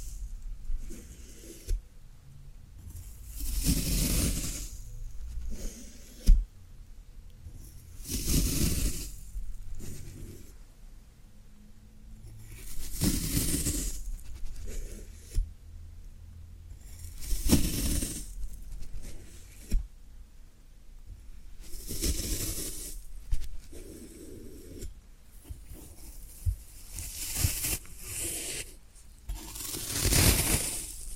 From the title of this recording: Floral Foam Sounds